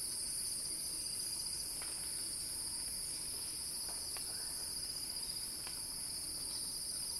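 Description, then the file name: Cicadas in a steady shrill chorus, two bright high buzzing bands held without pause, with a few faint clicks scattered through. Cicada song building in a crescendo. "earth-fm Axel-Drioli Cicada-Crescendo-Sounding-Wild"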